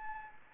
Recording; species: mosquito wingbeat signal from an infrared sensor; Anopheles gambiae